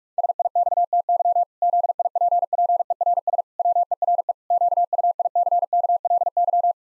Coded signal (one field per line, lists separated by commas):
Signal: Morse code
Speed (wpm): 46 wpm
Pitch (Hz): 700 Hz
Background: none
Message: SIXTY ZIPPERS WERE QUICKLY